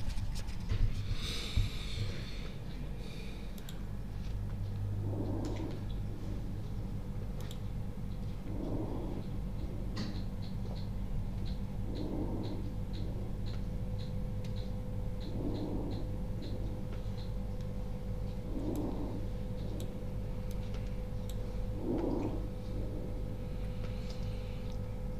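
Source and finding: Chest. Normal vesicular breath sounds.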